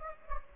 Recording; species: mosquito wingbeat signal from an infrared sensor; Anopheles gambiae